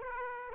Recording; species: mosquito wingbeat signal from an infrared sensor; Aedes aegypti